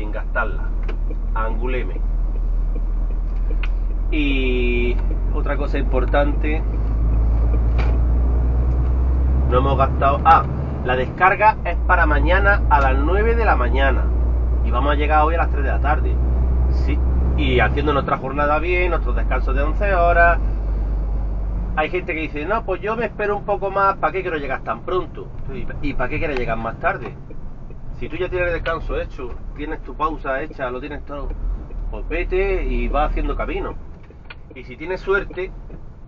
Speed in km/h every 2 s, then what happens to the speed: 19, 21, 21, 26, 30, 35, 36, 37, 39, 42, 42, 42, 41, 37, 26, 23, 20, 21.
4-18 speeds up to 42. 18-25 steady at about 42. 25-30 brakes to 23. 30-36 steady at about 21.